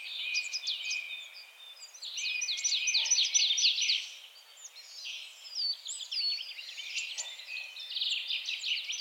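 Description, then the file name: Marsh tit calling: quick runs of high, sharp chipping notes in rattling series. "Poecile palustris"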